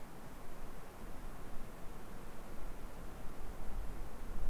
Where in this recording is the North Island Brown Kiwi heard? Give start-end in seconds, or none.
none